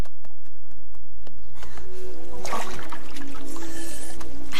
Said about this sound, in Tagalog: May tubig!